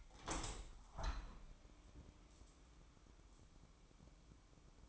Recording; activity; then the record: daily activity, microphone in the room; open window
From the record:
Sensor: 1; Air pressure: 1000.5 hPa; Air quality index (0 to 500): 184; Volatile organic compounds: 4 ppm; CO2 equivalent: 1686 ppm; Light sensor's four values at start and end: 10/24/10/11 and 11/26/10/12